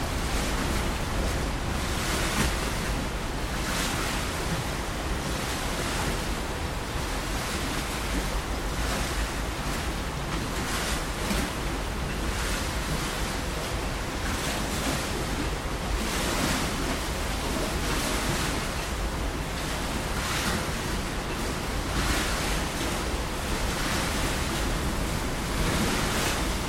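Strong wind batters the coast in a dense, constant roar, with surf crashing beneath it. The loudness stays high throughout, with frequent gusty surges and buffeting against the microphone. There is a deep low rumble underneath, and no calm moments.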